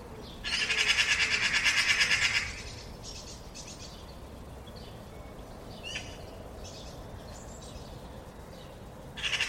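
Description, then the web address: Bird giving a long, loud, rasping rattle, then a few faint, scratchy notes, with another harsh burst starting at the end. "cianscape birddata Deverinetal"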